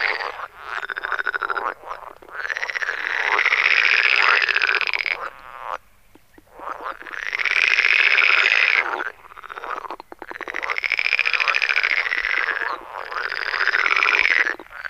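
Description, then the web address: Pool frog chorus in loud bursts of several seconds, rattling nasal croaks separated by short quieter gaps, several bouts. Forest. "Tajemnice puszczy Zaba jeziorkowa"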